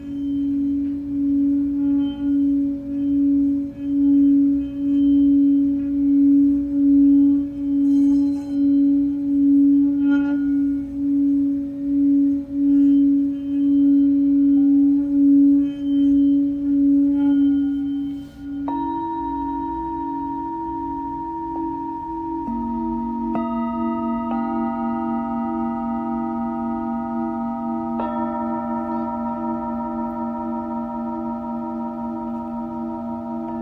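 Singing bowls ring in a sound healing session, a low, sustained hum that pulses in slow, regular waves through the first eighteen seconds. Around nineteen seconds a new bowl is struck, then more at about twenty-three and twenty-eight seconds, layering bright, steady overtones over the drone.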